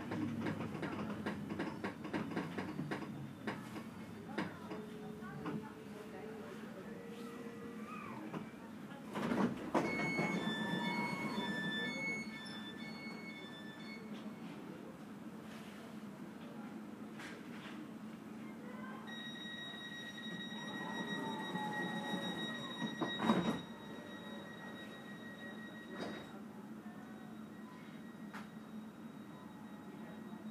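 An S-Bahn train rolls along with a steady low rumble and rapid clicking at the start. Around 10 seconds and again near 19 seconds, thin beeping tones ring out, and a brief loud clunk comes near 23 seconds, with faint voices underneath.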